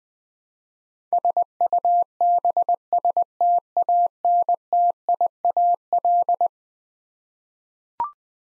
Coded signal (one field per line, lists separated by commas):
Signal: Morse code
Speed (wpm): 20 wpm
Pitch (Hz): 700 Hz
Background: none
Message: SUBSTANTIAL